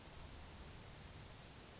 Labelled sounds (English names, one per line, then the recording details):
Grasshopper Sparrow
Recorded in Sonoma County, California